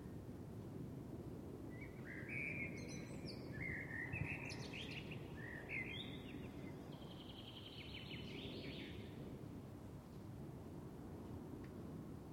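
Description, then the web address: Birds chirping and twittering in quick, high phrases for several seconds, over a steady low roar. Birds on a summer evening, with a plane in the background. "Lynne Music 2 Birds-Summer-Evening-Plane"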